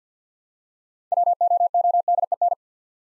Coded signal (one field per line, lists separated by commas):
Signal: Morse code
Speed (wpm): 48 wpm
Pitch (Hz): 700 Hz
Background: none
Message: WOODEN